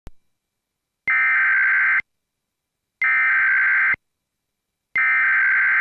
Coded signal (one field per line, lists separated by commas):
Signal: Emergency Alert System (SAME) tones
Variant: header bursts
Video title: EAS Scenario Tripleverse: World War 3